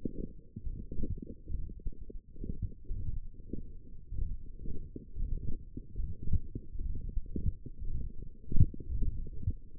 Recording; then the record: forearm muscle sounds (acoustic myography)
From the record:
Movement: radial deviation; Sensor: system 1, eight BSWA MPA416 microphones around the upper forearm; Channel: 7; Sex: male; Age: 21 years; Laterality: right